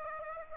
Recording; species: mosquito wingbeat signal from an infrared sensor; Aedes aegypti